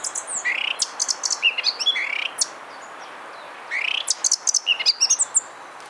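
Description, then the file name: Eurasian blackcap song: two bursts of rapid, varied warbling with chattering notes and clear whistled phrases, separated by a short pause. "Sylvia atricapilla"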